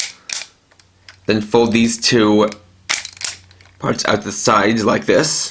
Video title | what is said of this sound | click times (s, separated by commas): Bakuryu Gattai DX MaxOhja Review | Fold in the back legs. It'll snap into place. | 0.3 s